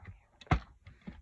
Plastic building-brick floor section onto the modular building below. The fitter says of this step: snap it snapped right in it's